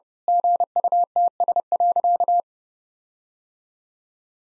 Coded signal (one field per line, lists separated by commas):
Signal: Morse code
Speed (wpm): 32 wpm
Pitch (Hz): 700 Hz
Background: none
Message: GUTS.